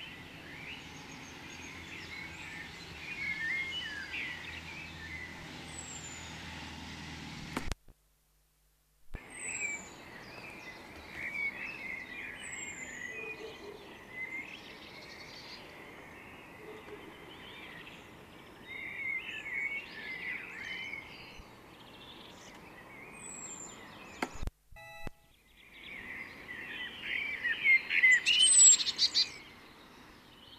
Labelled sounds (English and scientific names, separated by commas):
Common Blackbird (Turdus merula)